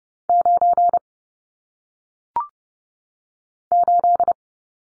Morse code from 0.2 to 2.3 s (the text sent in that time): 9